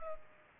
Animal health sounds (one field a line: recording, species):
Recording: mosquito wingbeat signal from an infrared sensor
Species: Culex pipiens